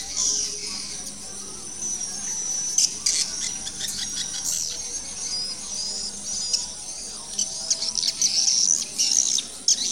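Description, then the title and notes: Swiftlet chirping calls, a dense high twitter with sharp clicking bursts scattered through, steady throughout. Used for swiftlet farming in Asia. "Swiflet Bird Sound. Farming Swiflet Bird asia sound"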